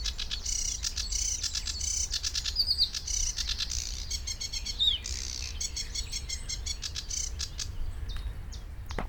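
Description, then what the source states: Sedge warbler song, a varied restless chatter of dry rattles, quick repeated notes and a few sliding whistles, with a steady low rumble beneath. Recorded at the Ammersee on 22 June 2014.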